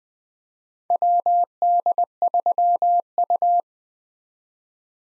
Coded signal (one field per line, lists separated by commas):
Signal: Morse code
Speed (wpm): 21 wpm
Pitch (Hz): 700 Hz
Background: none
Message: WD3U